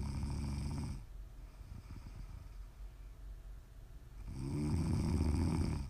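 ASMR snoring from an adult woman asleep: two loud, low, rumbling snores about four seconds apart, with quieter breathing in between.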